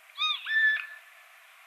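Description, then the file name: Eurasian jay making one call: a short arched tonal note leading into a drawn-out flat whistle with harmonics, over low constant hiss. "Garrulus glandarius"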